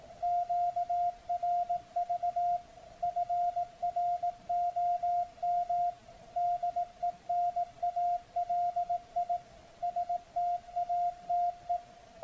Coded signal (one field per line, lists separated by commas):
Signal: Morse code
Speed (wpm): 18 wpm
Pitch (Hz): 700 Hz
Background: none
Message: QRV FROM DENALI STATE